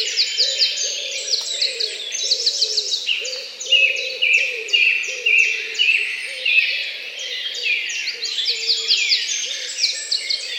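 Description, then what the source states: Birdsong from many birds overlapping in fast high trills and chirps, over a low, pulsing cooing-like sound repeating throughout. Morning birdsong.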